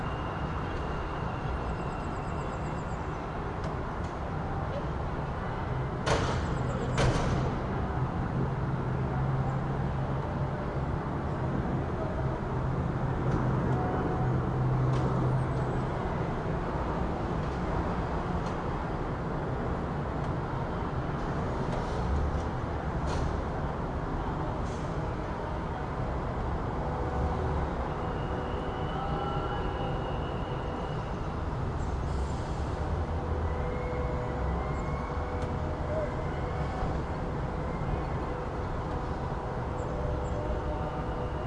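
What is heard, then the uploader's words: A city winding down for the evening, heard as a steady low rumble of traffic that holds an even level throughout. Faint vehicle and rail-like noises pass underneath, with a couple of brief sharp clicks around six to seven seconds. Experience the soft ambient sounds of a city winding down for the evening.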